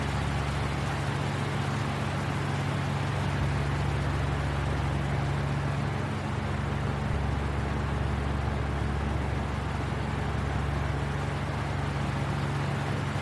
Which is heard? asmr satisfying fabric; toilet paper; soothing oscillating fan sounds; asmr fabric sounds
soothing oscillating fan sounds